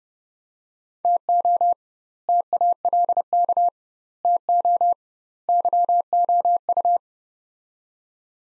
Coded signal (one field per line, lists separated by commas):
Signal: Morse code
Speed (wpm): 31 wpm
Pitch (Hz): 700 Hz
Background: none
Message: TO TALK TO YOU